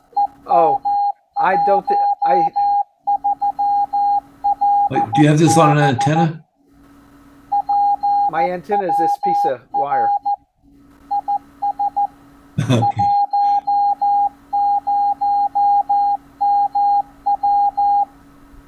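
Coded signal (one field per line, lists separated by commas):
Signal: Morse code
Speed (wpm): 14 wpm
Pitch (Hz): 810 Hz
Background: speech, radio noise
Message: EM13LB PWR IS 10MW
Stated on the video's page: CW beacon made by an SI5351 transmitting a coded message.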